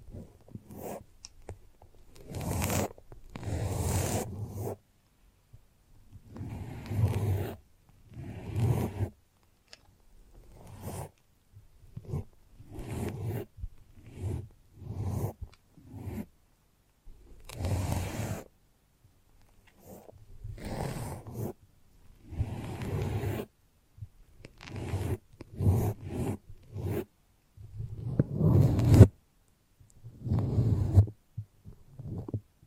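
Foamy, sticky brain massage sounds come as short bursts of squishing and crackling, each lasting about a second with brief silences between. The bursts arrive irregularly throughout, some soft and muffled, others sharper with a bright fizzy edge, louder near the end.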